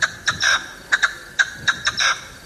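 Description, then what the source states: Partridge giving a series of harsh, clucking chuck notes, some doubled, in short irregular bursts. Played back on a radio quiz and identified as a partridge.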